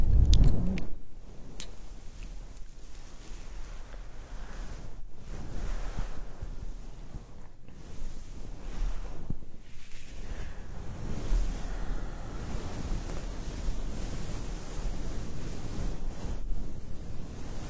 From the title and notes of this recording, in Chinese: 按摩耳朵刺激大脑。